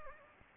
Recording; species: mosquito wingbeat signal from an infrared sensor; Anopheles gambiae